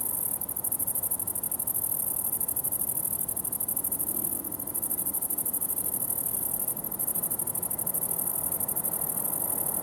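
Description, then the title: Grasshoppers making a rapid, high, rhythmic buzz with a few brief gaps, while a soft low hum runs underneath throughout. Summer ambience at the farm of Villers Abbey, Villers-la-Ville, Belgium; several grasshoppers with a train in the distance; recorded on Sony PCM-D100 internal microphones in wide position. "Ferme de lAbbaye de Villers, 1495 Villers-la-Ville, Belgique - Grasshoppers"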